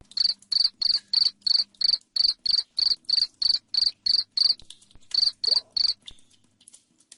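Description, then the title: Cricket chirping, a fast run of loud, even pulses about three per second that break off near six seconds, followed by faint scattered clicks. Loud cricket chirping, used to make lovebirds keep trilling. "Suara JANGKRIK NGERIK Keras Bikin LOVEBIRD Jadi NGEKEK Terus"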